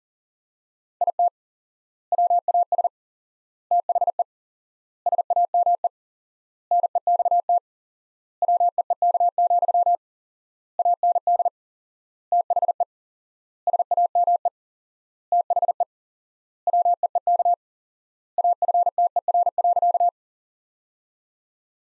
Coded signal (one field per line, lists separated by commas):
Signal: Morse code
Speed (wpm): 40 wpm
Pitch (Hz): 700 Hz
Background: none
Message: IT WAS THE SAME NEXT WEEK, AND THE SAME THE WEEK AFTER.